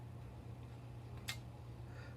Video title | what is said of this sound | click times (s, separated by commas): Trumpet and trombone - valve oil and slide cream | that click means it is now in the spot so and it's slot | 1.3 s